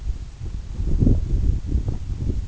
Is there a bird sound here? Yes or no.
no